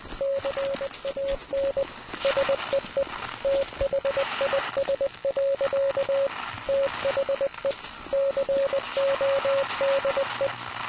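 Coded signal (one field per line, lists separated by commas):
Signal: Morse code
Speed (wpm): 20 wpm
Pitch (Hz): 550 Hz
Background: radio noise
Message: CAN SEE THIS. THE CODE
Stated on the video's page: Morse code from a free military camp model in a game.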